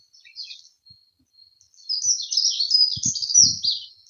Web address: Heggemus. heggenmus prunella modularis